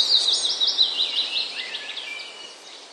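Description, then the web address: Eurasian blue tit song: a rapid series of high, slurred notes forming a trill that slowly drops in pitch and fades out over about two seconds. "wroblowe teka spiew. modraszkoteka"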